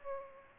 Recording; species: mosquito wingbeat signal from an infrared sensor; Aedes aegypti